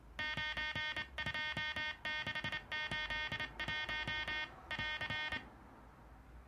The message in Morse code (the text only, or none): 92681<AR>